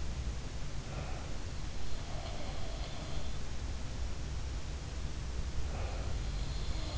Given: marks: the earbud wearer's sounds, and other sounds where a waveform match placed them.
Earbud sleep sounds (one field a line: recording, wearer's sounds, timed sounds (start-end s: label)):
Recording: sounds in sleep by an in-ear microphone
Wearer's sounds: breath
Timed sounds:
0.68-1.60 s: breath
1.95-3.26 s: sound from someone else or the room
5.42-6.24 s: breath